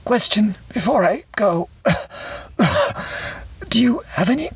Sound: cough